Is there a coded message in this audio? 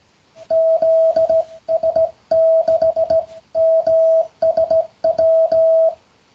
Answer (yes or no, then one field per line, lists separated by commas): yes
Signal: Morse code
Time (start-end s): 0.5-5.9 s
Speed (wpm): 17 wpm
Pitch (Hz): 650 Hz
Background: music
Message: ZS6MSW